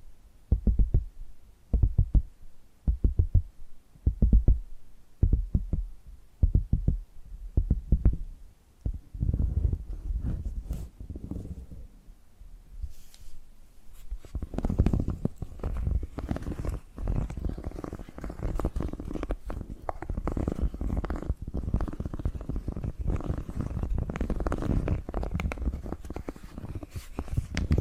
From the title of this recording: ASMR Hypnotic Tapping and Scratching Sounds